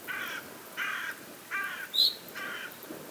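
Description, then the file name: Carrion Crow cawing four times, each call a rough, grating note about a third of a second long at fairly even intervals, with one thin high chirp from another bird. "Corvus corone"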